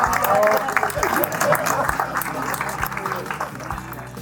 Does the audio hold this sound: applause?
yes